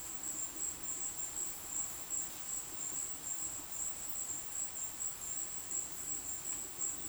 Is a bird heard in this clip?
no